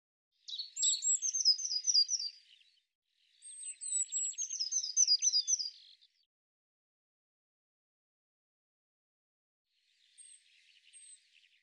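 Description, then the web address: Eurasian blue tit churring call, high-pitched notes leading into fast chattering trills given twice in quick succession, followed by faint thin notes. "cianscape birddata Deverinetal 2025 File cleaned normalized Bird Cy Ca"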